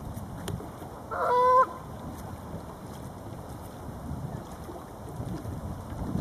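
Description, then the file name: Goose giving a single loud, clear honk with a slight upward inflection, then only wind and soft background rustle. "Galuu goose"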